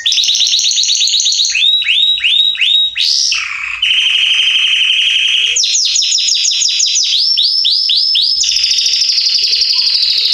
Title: Esquente Seu Filhote E Canario Belga Em 30 Minutos Macho Cantando Muito. Canrio Belga Salsa Estourado - Esquente em 30 minutos